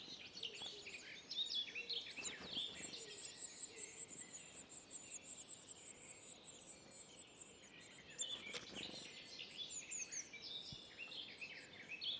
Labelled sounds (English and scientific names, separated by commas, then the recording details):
Eurasian Blue Tit (Cyanistes caeruleus) begging call
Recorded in the wild
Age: pullus
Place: Teerofenbrücke, Nationalpark Unteres Odertal, Brandenburg, DE
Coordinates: 53.1322, 14.3536
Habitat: wood
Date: 2021-05-15 09:14
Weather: clear, weak wind
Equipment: Sound Devices 702, Sennheiser MKH 415 T, Rhode Windschutz
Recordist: Frommolt, Karl-Heinz